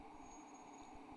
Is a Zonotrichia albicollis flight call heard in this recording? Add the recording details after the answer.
no. No flight call is heard. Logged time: 09:23 on 7 December 2014